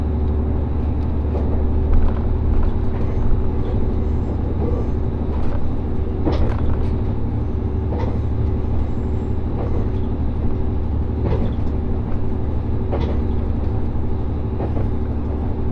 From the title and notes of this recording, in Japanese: 五能線 深浦→岩館 リゾートしらかみ4号。深浦を出ると再び日本海を高い位置から眺めながら走っていきます。